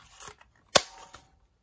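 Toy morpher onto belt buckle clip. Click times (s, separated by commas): 0.8 s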